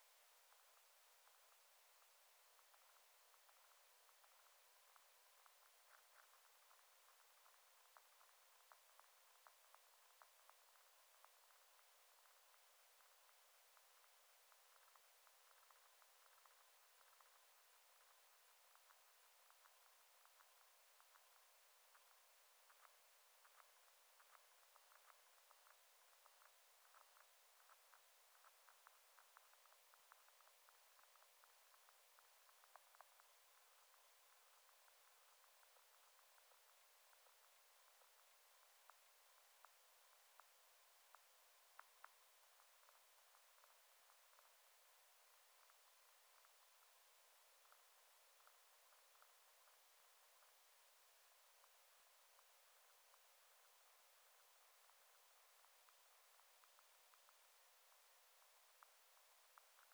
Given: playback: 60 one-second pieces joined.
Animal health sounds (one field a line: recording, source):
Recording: accelerometer signal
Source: Varroa mite vibrations